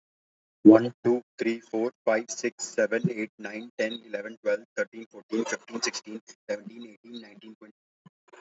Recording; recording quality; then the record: counting at a fast pace; excellent, no background noise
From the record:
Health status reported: healthy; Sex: male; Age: 25 years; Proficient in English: yes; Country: India